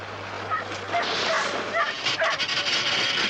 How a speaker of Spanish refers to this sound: ¡Los están electrocutando, imbéciles! ¿Dónde está mi perro? Si le pasa algo... ¿Es cierto, Sayesa? ¿Están electrocutando a esos perros?